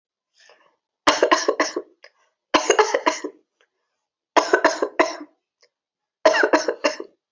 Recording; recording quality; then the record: shallow voluntary cough; excellent, no background noise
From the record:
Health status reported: healthy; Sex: female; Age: 25 years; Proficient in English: yes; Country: India